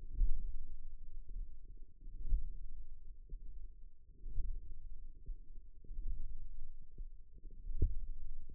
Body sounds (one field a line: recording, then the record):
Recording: forearm muscle sounds (acoustic myography)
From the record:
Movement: hook grip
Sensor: system 1, eight BSWA MPA416 microphones around the upper forearm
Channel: 8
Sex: female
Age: 20 years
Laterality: right